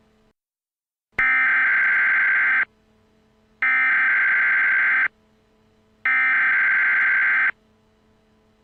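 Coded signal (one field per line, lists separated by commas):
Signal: Emergency Alert System (SAME) tones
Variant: header bursts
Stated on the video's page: Simulated EAS scenario built from others' resources.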